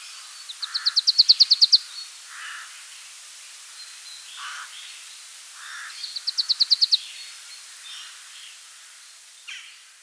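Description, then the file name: Marsh tit delivering two fast high rattling trills of evenly spaced notes a few seconds apart, with scattered soft lower notes between. "Poecile palustris"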